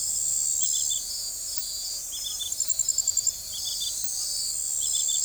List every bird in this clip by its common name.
none